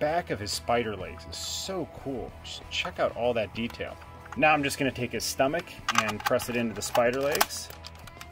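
Someone talks throughout while handling a plastic build-a-figure stomach piece and starting to press it into the action figure's spider-leg base. Two faint, brief handling ticks come near the end, at 8.1 and 8.2 s. Nothing has seated or clicked into place yet.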